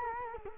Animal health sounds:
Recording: mosquito wingbeat signal from an infrared sensor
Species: Culex quinquefasciatus

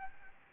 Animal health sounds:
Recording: mosquito wingbeat signal from an infrared sensor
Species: Aedes albopictus

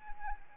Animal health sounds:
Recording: mosquito wingbeat signal from an infrared sensor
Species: Anopheles arabiensis

